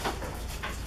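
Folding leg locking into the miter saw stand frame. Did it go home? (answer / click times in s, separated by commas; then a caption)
no / none. A folding leg on a metal Hercules miter saw stand from Harbor Freight is handled: the leg-release lever on one side is pressed and the leg is lifted toward its locking position in the stand frame. Broadband scraping and rustling noise is heard, with soft bursts near 0.1 s and 0.65 s over a steady low hum. Nothing has seated or clicked yet.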